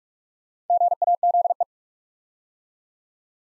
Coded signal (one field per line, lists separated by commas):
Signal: Morse code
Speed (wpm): 44 wpm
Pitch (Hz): 700 Hz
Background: none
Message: GAZE